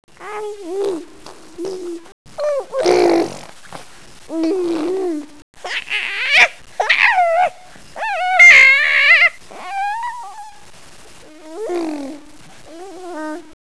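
Dog: puppies whimpering and whining, high, wavering cries rising and falling in pitch, coming in short bursts with brief pauses.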